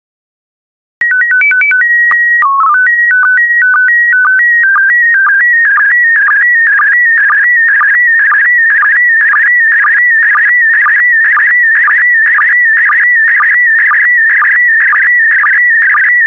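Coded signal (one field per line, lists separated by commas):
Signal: SSTV (slow-scan television)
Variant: PD 120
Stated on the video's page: PD120-mode SSTV images generated for decoding practice, not an over-air reception.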